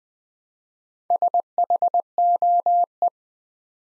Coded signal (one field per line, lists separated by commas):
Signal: Morse code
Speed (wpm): 20 wpm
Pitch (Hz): 700 Hz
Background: none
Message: SHOE